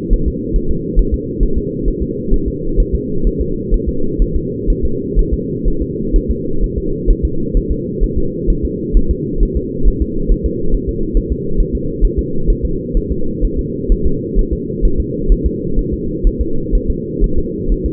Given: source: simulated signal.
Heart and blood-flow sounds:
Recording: fetal heart sounds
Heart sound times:
0.13 s: S1
0.28 s: S2
0.56 s: S1
0.71 s: S2
0.99 s: S1
1.14 s: S2
1.43 s: S1
1.58 s: S2
1.88 s: S1
2.02 s: S2
2.34 s: S1
2.48 s: S2
2.80 s: S1
2.94 s: S2
3.27 s: S1
3.41 s: S2
3.74 s: S1
3.89 s: S2
4.22 s: S1
4.36 s: S2
4.70 s: S1
4.85 s: S2
5.19 s: S1
5.33 s: S2
5.68 s: S1
5.82 s: S2
6.16 s: S1
6.31 s: S2
6.64 s: S1
6.78 s: S2
7.11 s: S1
7.25 s: S2
7.57 s: S1
7.72 s: S2
8.03 s: S1
8.18 s: S2
8.50 s: S1
8.65 s: S2
8.97 s: S1
9.11 s: S2
9.43 s: S1
9.57 s: S2
9.88 s: S1
10.02 s: S2
10.31 s: S1
10.46 s: S2
10.75 s: S1
10.89 s: S2
11.17 s: S1
11.32 s: S2
11.60 s: S1
11.75 s: S2
12.05 s: S1
12.19 s: S2
12.50 s: S1
12.65 s: S2
12.97 s: S1
13.12 s: S2
13.45 s: S1
13.59 s: S2
13.92 s: S1
14.06 s: S2
14.39 s: S1
14.53 s: S2
14.85 s: S1
15.00 s: S2
15.32 s: S1
15.46 s: S2
15.79 s: S1
15.93 s: S2
16.27 s: S1
16.41 s: S2
16.75 s: S1
16.90 s: S2
17.24 s: S1
17.38 s: S2
17.72 s: S1
17.86 s: S2
From the record:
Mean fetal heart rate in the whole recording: 130 bpm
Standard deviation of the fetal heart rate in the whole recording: 4 bpm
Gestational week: 38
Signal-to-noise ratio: -8.1 dB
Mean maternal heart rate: 72 bpm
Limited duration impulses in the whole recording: absent

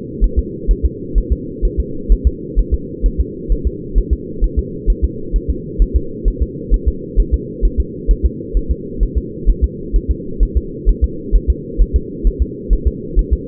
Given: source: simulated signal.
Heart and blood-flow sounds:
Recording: fetal heart sounds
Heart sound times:
0.24 s: S1
0.39 s: S2
0.71 s: S1
0.85 s: S2
1.18 s: S1
1.33 s: S2
1.65 s: S1
1.80 s: S2
2.12 s: S1
2.27 s: S2
2.59 s: S1
2.74 s: S2
3.06 s: S1
3.20 s: S2
3.52 s: S1
3.67 s: S2
3.98 s: S1
4.13 s: S2
4.44 s: S1
4.59 s: S2
4.90 s: S1
5.05 s: S2
5.36 s: S1
5.50 s: S2
5.82 s: S1
5.96 s: S2
6.28 s: S1
6.42 s: S2
6.74 s: S1
6.88 s: S2
7.20 s: S1
7.34 s: S2
7.65 s: S1
7.80 s: S2
8.11 s: S1
8.26 s: S2
8.57 s: S1
8.71 s: S2
9.03 s: S1
9.18 s: S2
9.50 s: S1
9.64 s: S2
9.96 s: S1
10.11 s: S2
10.43 s: S1
10.57 s: S2
10.89 s: S1
11.04 s: S2
11.36 s: S1
11.50 s: S2
11.81 s: S1
11.96 s: S2
12.27 s: S1
12.42 s: S2
12.73 s: S1
12.88 s: S2
13.19 s: S1
13.33 s: S2
From the record:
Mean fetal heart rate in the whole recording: 130 bpm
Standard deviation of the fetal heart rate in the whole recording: 2 bpm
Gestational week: 36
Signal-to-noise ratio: -4.3 dB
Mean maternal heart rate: 72 bpm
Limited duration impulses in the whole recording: absent

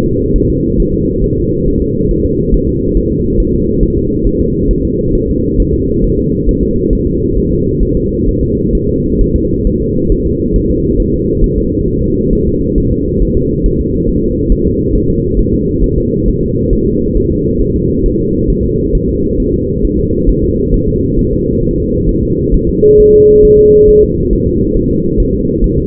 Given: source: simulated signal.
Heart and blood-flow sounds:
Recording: fetal heart sounds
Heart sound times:
0.06 s: S2
0.36 s: S1
0.50 s: S2
0.80 s: S1
0.94 s: S2
1.24 s: S1
1.38 s: S2
1.68 s: S1
1.82 s: S2
2.11 s: S1
2.26 s: S2
2.54 s: S1
2.69 s: S2
2.97 s: S1
3.12 s: S2
3.40 s: S1
3.54 s: S2
3.83 s: S1
3.97 s: S2
4.27 s: S1
4.41 s: S2
4.71 s: S1
4.85 s: S2
5.15 s: S1
5.29 s: S2
5.60 s: S1
5.74 s: S2
6.04 s: S1
6.19 s: S2
6.49 s: S1
6.63 s: S2
6.93 s: S1
7.07 s: S2
7.38 s: S1
7.52 s: S2
7.83 s: S1
7.97 s: S2
8.28 s: S1
8.43 s: S2
8.75 s: S1
8.89 s: S2
9.22 s: S1
9.36 s: S2
9.67 s: S1
9.82 s: S2
10.12 s: S1
10.26 s: S2
10.56 s: S1
10.70 s: S2
11.00 s: S1
11.14 s: S2
11.44 s: S1
11.58 s: S2
11.88 s: S1
12.03 s: S2
12.33 s: S1
12.47 s: S2
12.78 s: S1
12.92 s: S2
13.22 s: S1
13.37 s: S2
13.66 s: S1
13.81 s: S2
14.09 s: S1
14.24 s: S2
14.52 s: S1
14.67 s: S2
14.96 s: S1
15.10 s: S2
15.39 s: S1
15.54 s: S2
15.84 s: S1
15.98 s: S2
16.28 s: S1
16.43 s: S2
16.73 s: S1
16.87 s: S2
17.17 s: S1
17.32 s: S2
17.62 s: S1
17.76 s: S2
18.06 s: S1
18.20 s: S2
18.50 s: S1
18.65 s: S2
18.95 s: S1
19.09 s: S2
19.40 s: S1
19.54 s: S2
19.85 s: S1
19.99 s: S2
20.29 s: S1
20.44 s: S2
20.74 s: S1
20.88 s: S2
21.19 s: S1
21.33 s: S2
21.64 s: S1
21.78 s: S2
22.09 s: S1
22.23 s: S2
22.54 s: S1
22.69 s: S2
23.00 s: S1
23.14 s: S2
23.45 s: S1
23.59 s: S2
23.89 s: S1
24.04 s: S2
24.33 s: S1
24.47 s: S2
24.77 s: S1
24.91 s: S2
25.20 s: S1
25.34 s: S2
25.64 s: S1
25.78 s: S2
From the record:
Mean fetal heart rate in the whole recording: 135 bpm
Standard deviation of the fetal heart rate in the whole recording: 3 bpm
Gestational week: 36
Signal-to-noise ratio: -14.7 dB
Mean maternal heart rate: 72 bpm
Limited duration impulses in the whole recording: present

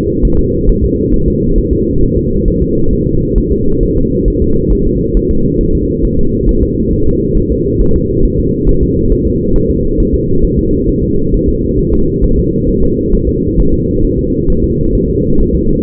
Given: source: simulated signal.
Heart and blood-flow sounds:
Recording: fetal heart sounds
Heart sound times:
0.25 s: S1
0.39 s: S2
0.69 s: S1
0.84 s: S2
1.14 s: S1
1.28 s: S2
1.58 s: S1
1.73 s: S2
2.03 s: S1
2.17 s: S2
2.48 s: S1
2.62 s: S2
2.93 s: S1
3.07 s: S2
3.38 s: S1
3.52 s: S2
3.83 s: S1
3.97 s: S2
4.28 s: S1
4.42 s: S2
4.72 s: S1
4.87 s: S2
5.17 s: S1
5.31 s: S2
5.61 s: S1
5.75 s: S2
6.05 s: S1
6.19 s: S2
6.49 s: S1
6.63 s: S2
6.93 s: S1
7.07 s: S2
7.37 s: S1
7.52 s: S2
7.81 s: S1
7.96 s: S2
8.25 s: S1
8.40 s: S2
8.69 s: S1
8.83 s: S2
9.12 s: S1
9.27 s: S2
9.56 s: S1
9.70 s: S2
10.00 s: S1
10.14 s: S2
10.45 s: S1
10.59 s: S2
10.89 s: S1
11.04 s: S2
11.34 s: S1
11.48 s: S2
11.79 s: S1
11.93 s: S2
12.24 s: S1
12.39 s: S2
12.70 s: S1
12.84 s: S2
13.14 s: S1
13.29 s: S2
13.60 s: S1
13.74 s: S2
14.05 s: S1
14.19 s: S2
14.50 s: S1
14.64 s: S2
14.95 s: S1
15.09 s: S2
15.40 s: S1
15.55 s: S2
From the record:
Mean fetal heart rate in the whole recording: 135 bpm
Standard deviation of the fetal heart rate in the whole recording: 3 bpm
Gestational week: 36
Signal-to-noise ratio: -16.4 dB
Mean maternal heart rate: 72 bpm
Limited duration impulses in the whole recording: present

